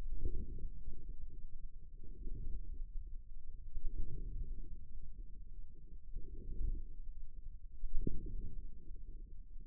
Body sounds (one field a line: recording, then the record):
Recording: forearm muscle sounds (acoustic myography)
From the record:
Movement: inward rotation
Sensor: system 2, bracelet of six BSWA MPA416 microphones around the upper forearm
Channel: 4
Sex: male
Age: 22 years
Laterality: right